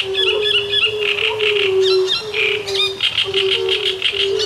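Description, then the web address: Great reed warbler song: harsh, croaking chattered phrases repeated without pause over a steady low hooting chorus of toads. Heard with fire-bellied toads. "Ptaki Trzciniak i Kumaki"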